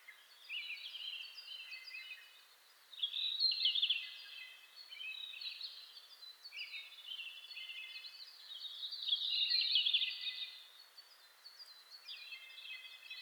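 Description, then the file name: Red-flanked bluetail delivering two brief, lively warbled phrases about six seconds apart, over a constant layer of thin, high chirping from other birds. Recorded 27 May 2007 at 04:26. "ruribitaki 20070527-0426"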